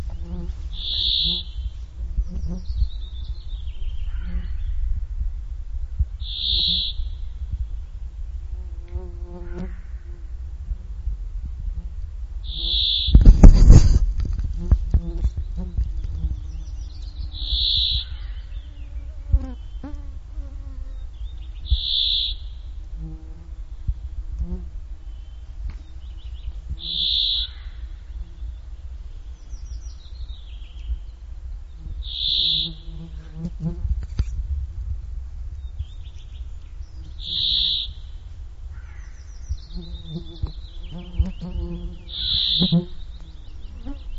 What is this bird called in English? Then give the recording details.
Brambling. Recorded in the wild. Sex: male. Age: adult. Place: Halbinsel Kindo, Karelien, RU. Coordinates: 66.5503, 33.0944. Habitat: taiga. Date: 1995-06-19 19:01. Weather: cloudy, 18°C. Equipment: Sony TCD-D3, Sennheiser MKH 416 T, Popschutz. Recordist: Frommolt, Karl-Heinz